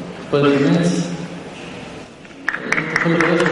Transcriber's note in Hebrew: הקהל מוחא כפים